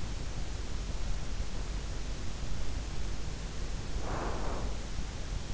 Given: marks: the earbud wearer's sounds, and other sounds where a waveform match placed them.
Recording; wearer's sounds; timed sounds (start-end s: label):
sounds in sleep by an in-ear microphone; breath
3.89-4.99 s: breath